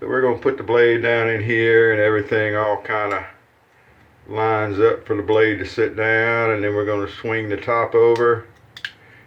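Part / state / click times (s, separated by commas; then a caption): hinged top cap closing over the blade on a safety razor head / seated / 8.8 s. A man talks while a blade is laid on the base plate of a Gillette Super Click safety razor head and the hinged top cap is swung over it. The cap snaps shut with two small clicks at about 8.8 and 8.9 seconds, clamping the blade tight.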